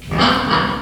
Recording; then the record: squeal of a Yucatan mini pig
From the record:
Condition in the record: after surgery on the right vocal fold (resection and tissue-engineered implant); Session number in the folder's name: 15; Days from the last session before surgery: 175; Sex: female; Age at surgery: 19 weeks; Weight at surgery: 25 kg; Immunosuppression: prednisolone